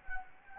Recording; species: mosquito wingbeat signal from an infrared sensor; Anopheles gambiae